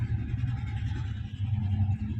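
A plastic dome cover is set into position on a CCTV dome camera base, lined up before being twisted into its three lock tabs, while someone talks over a steady low hum. Nothing has seated or clicked yet.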